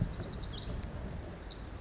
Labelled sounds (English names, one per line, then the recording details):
Pacific Wren
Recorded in Sonoma County, California